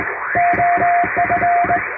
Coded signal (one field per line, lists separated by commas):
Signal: Morse code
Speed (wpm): 20 wpm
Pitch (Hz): 700 Hz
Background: music, radio noise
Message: OF